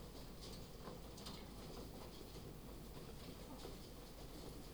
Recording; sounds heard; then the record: poultry house recording; sick chickens (respiratory disease)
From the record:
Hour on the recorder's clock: 3